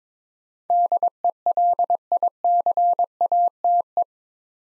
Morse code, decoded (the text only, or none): DELICATE